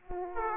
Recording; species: mosquito wingbeat signal from an infrared sensor; Aedes aegypti